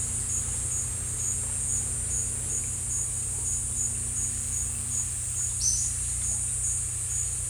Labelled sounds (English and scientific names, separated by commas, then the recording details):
none
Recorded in dense forest near Puerto Asís, Putumayo, Colombia, on 18 December 2024 at 14:00
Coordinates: 0.467, -76.328
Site GP05